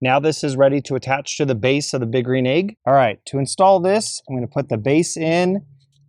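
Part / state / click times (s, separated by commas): temperature control fan mounting plate into kamado grill bottom vent / not seated / none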